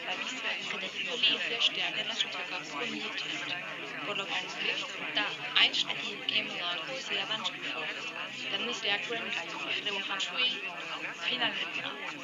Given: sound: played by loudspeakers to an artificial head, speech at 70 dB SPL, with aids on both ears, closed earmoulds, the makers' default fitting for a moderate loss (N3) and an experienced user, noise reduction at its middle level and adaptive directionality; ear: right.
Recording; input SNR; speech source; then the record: speech test signal (ISTS) in cocktail-party noise; -3 dB; in front (0 degrees)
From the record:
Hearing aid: class 1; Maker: G